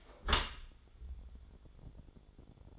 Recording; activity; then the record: daily activity, microphone in the room; close dishwasher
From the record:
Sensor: 5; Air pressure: 1015.1 hPa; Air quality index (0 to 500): 151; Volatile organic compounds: 4 ppm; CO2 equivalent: 1634 ppm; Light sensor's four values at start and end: 37/87/36/37 and 37/88/36/38